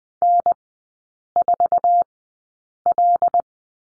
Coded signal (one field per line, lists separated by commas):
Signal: Morse code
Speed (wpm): 20 wpm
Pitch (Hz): 700 Hz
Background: none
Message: N4L